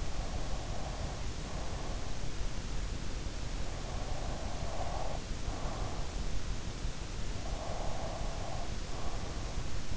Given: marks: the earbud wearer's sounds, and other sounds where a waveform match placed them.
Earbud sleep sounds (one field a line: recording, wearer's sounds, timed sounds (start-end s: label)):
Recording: sounds in sleep by an in-ear microphone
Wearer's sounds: breath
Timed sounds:
0.00-2.34 s: breath
3.88-6.01 s: breath
7.56-9.78 s: breath